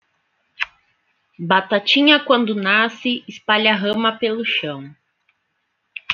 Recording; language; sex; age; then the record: short text; Brazilian Portuguese; female; 30 to 39 years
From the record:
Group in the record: control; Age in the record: 30 years